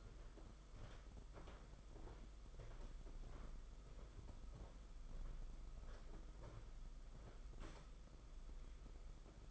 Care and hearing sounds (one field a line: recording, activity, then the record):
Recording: daily activity, microphone in the room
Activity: walk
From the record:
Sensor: 5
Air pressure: 991.8 hPa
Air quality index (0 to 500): 150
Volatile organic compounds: 183 ppm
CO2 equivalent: 4153 ppm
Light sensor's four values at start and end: 32/108/40/43 and 32/108/40/43